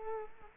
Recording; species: mosquito wingbeat signal from an infrared sensor; Culex quinquefasciatus